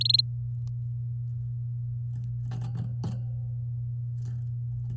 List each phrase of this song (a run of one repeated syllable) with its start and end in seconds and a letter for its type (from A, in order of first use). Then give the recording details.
0.01-0.21 A. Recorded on 8 May 2018 at 05:40. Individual llb16